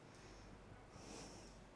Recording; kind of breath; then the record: one breath in and out by a microphone near the nose and mouth; normal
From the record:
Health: marked as sick, illness not named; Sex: female